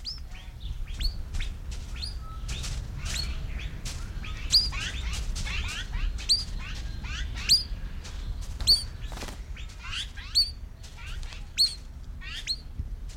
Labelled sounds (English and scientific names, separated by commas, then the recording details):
Azure-winged Magpie (Cyanopica cyanus) call
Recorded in captivity
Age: adult
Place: Zoo Berlin, Berlin, DE
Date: 1994-07-02 11:23
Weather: sonnig, 18-24°C
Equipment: Marantz CP 430, Sennheiser ME 80, Kopie Uher Variocord 263
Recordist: Tembrock, Günter